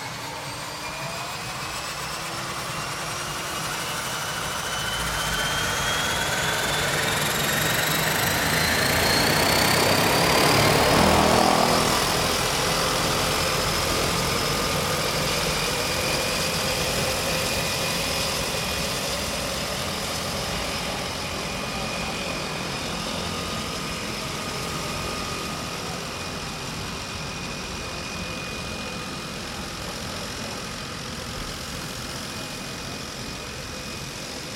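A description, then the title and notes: A turbine-engined floatplane runs steadily, its jet-like whine holding several high tones that slowly slide upward over the first ten seconds. The engine swells to its loudest around eleven seconds with a rushing roar, then settles back into a constant whining drone, as if taxiing. De Havilland Canada DHC-3-T Turbo-Otter startup, taxi. Seattle has an airport in the heart of the city: a water-port for the seaplanes of Kenmore Air. Turbo-Otters, such as this one, have turbine engines and sound more like jets than the quintessential old-clanky-propeller-plane sound of the Beavers.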